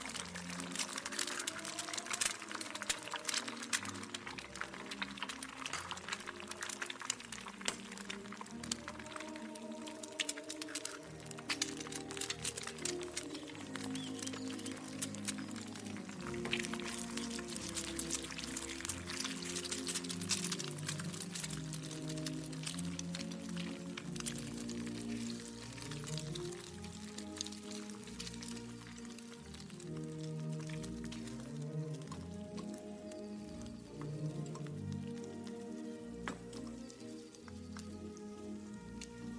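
Old-time music plays steadily throughout, its melody and chords filling the lower range with shifting tones. Over it come frequent small crackles, clicks and soft squishy kitchen sounds, scattered densely across the whole forty seconds without pause.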